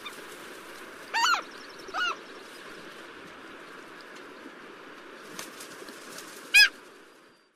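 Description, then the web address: Mew gull giving a few short calls with harmonic overtones, spaced irregularly over a steady background hiss. "Songs of Birds of North America Western USA Songbirds. Mew Gull"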